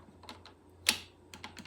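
An attachment piece of a hand-crank apple peeler/corer is slid into place on the bottom of the peeler frame and clicks in sharply at 0.9 s, seating it. A few fainter taps and knocks occur before and after, with a low hum underneath.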